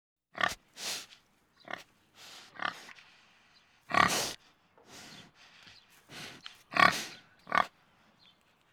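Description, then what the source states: Pig grunting and sniffing in short, separate bursts, some harsh and some breathy, with uneven gaps between them. Hog grunting and sniffing.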